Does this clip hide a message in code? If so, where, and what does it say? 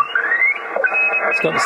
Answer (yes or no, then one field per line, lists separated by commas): no